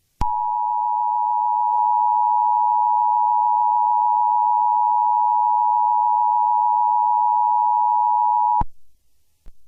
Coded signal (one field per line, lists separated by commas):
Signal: Emergency Alert System (SAME) tones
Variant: 853 and 960 Hz attention tone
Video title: The Storm of all Storms: A Mega EAS Scenario